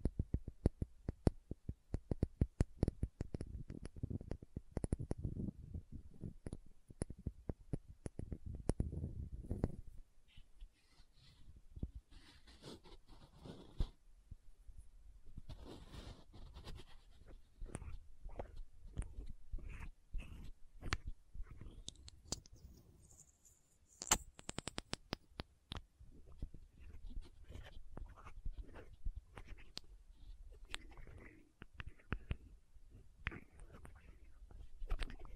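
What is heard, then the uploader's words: Rapid, dense tapping on a lid or bottle fills the first ten seconds, heavy and low, with a faint high whine above it. After that the sounds turn sparser: scattered clicks and dry scratching, with a brighter scrape near the middle. Lid Sounds & Bottle Tapping, Scratching. (No Talking).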